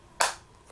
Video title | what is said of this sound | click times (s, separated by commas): Nouveautés Makeup PETITS PRIX - Part.2 Yeux - EVA BEAUTY ACCESS - | et pour se fermer et vous entendez un petit clip voilà | 0.2 s